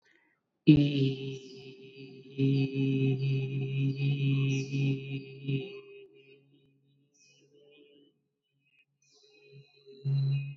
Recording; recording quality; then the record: sustained vowel as in beet; excellent, no background noise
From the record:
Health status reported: COVID-19 positive, mild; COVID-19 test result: positive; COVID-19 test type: RT-PCR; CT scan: not taken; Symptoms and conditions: cough, cold, fever, fatigue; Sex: male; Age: 23 years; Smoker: no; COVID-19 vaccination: both doses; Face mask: not worn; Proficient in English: yes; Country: India